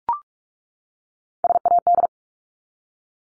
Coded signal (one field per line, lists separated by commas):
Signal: Morse code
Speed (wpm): 44 wpm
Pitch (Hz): 700 Hz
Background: none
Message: SAD